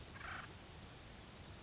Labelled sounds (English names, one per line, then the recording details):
Acorn Woodpecker
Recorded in Sonoma County, California